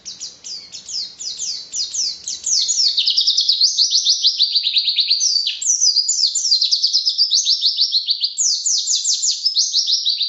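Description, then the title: White-eye song, a sustained fast torrent of high, slurred twittering notes with varied phrasing. Faint low background noise is heard at the start. Song described as 'racun', with canary-like variations, 'tembakan' bursts and 'gacor' sustained singing; 2015. "Pleci RACUN (Variasi kenari , Tembakan , Gacor , new 2015 )"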